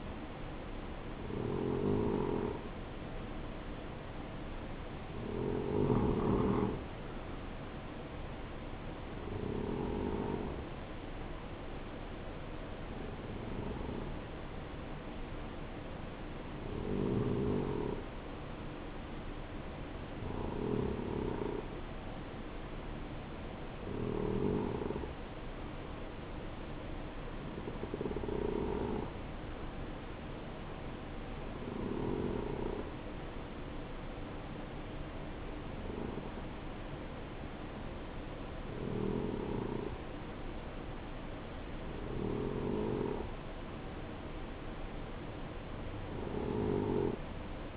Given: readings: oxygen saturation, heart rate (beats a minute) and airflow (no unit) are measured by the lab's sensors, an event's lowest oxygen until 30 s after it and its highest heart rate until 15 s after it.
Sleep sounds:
breathing in sleep by a voice recorder at the bedside; none
none scored
From the record:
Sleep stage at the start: N3 (deep sleep); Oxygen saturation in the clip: 90 to 92%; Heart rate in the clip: 60 to 68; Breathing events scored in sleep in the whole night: 277 in 7.4 hours asleep

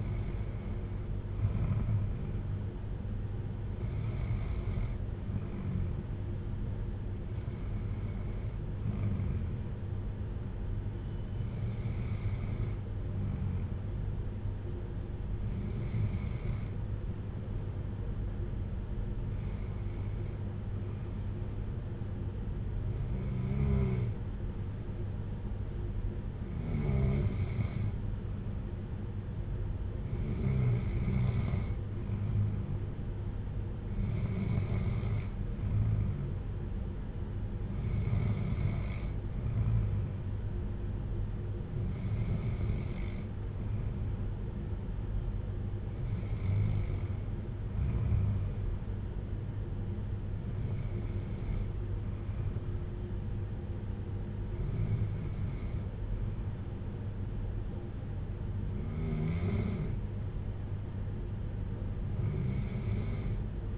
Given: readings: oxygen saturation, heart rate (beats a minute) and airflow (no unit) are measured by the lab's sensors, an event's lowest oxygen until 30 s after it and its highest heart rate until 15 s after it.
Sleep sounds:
breathing in sleep by a smartphone at the bedside; none
none scored
From the record:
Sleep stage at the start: N2 (light sleep); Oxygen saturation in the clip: 92 to 94%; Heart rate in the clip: 56 to 62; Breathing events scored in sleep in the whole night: 310 in 8.1 hours asleep

